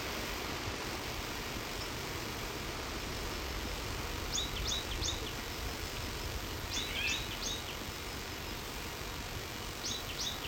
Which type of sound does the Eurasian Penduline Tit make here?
song